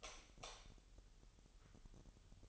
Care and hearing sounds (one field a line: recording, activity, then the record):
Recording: daily activity, microphone in the room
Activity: light off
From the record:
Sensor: 4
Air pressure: 989.1 hPa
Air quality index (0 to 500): 210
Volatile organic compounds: 58 ppm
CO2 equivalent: 3392 ppm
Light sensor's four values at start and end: 28/94/35/36 and 25/82/31/31